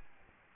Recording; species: mosquito wingbeat signal from an infrared sensor; Aedes albopictus